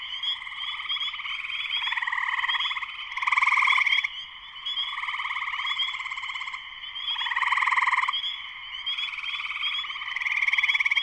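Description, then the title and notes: Spring peeper chorus with numerous frogs calling at once, sharp rising peeps layered over pulsing trills that build into louder bursts several times. Full chorus shortly after sunset in Sleeping Bear Dunes National Lakeshore, northern Michigan, USA; recorded by Darrin Wassom. "Spring peepers (chorus frogs) in concert. Spring peepers (chorus frogs) in full chorus shortly after sunset in the Sleeping Bear Dunes National Lakeshore in northern Michigan, USA. Recorded by Darrin Wassom. Music for Sleep"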